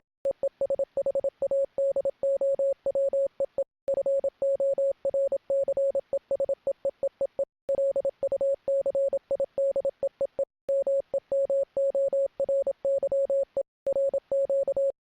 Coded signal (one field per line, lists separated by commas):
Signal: Morse code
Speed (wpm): 27 wpm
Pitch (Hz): 550 Hz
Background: radio noise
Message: EE SHADOW EE FORCES EEEEE LUCID EEE MEMORY E RQ